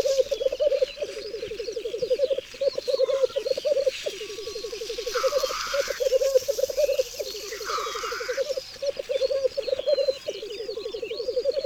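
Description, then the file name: Black grouse bubbling steadily in repeated rolling phrases, with two soft hissing calls. "Cietrzew"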